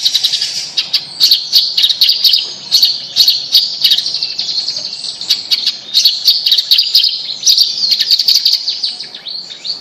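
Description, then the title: Bird song, dense high chattering with fast repeated chirps, rising and falling in loudness in bursts. "Kicau Burung Yoi"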